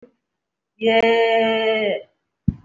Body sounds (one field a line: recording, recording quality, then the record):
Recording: sustained vowel as in made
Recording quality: excellent, no background noise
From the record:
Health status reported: respiratory illness, not identified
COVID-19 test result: not tested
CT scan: not taken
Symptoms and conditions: cough, breathing difficulty, asthma, another respiratory illness, hypertension, another condition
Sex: female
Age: 42 years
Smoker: no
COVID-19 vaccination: none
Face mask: worn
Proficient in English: no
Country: India